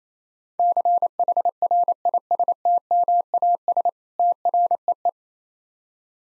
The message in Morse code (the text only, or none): CHRISTMAS TREE